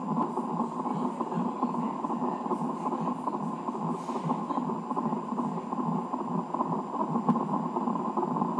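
A fetal heartbeat picked up by Doppler monitor at a hospital, a rapid pulsing whoosh at about 146 beats per minute over steady hum.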